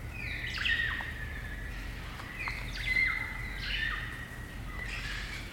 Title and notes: It's late spring at the Karori Sanctuary near Wellington, New Zealand and the kakas – a large species of parrot – are singing their eerie dusk chorus. Recorded by Margaret Bartlett.